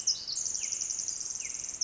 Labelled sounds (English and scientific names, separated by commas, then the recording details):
Pacific Wren (Troglodytes pacificus)
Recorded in Sonoma County, California